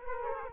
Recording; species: mosquito wingbeat signal from an infrared sensor; Culex quinquefasciatus